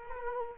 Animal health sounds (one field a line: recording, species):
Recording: mosquito wingbeat signal from an infrared sensor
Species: Culex quinquefasciatus